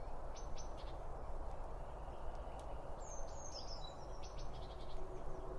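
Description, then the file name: Birds chirping: two quick high chips, then a short burst of falling twittery notes, over a steady low background drone. Birds at a bird feeder, recorded with two Line Audio OM1 microphones. "Birds Around Birdfeeding With Two Om 1 From Line Audio"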